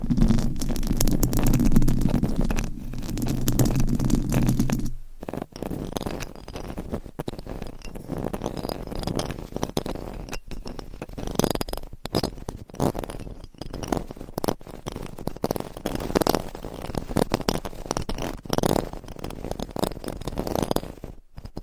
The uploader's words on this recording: ASMR Mic Scratching - Brain Scratching 40 Different Mic Setups - Asmr No Talking.